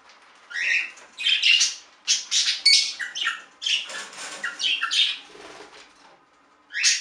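Budgerigar chatter: bursts of harsh, squawky warbles and chirps in broken phrases, with short pauses between.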